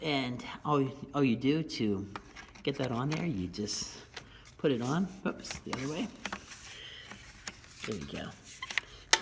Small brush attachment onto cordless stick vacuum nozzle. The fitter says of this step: snaps right in there and as you can see of course